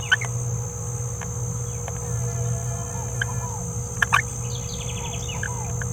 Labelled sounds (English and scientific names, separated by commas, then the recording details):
Green-rumped Parrotlet (Forpus passerinus) babbling
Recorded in a nest box in Venezuela
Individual 18B17A4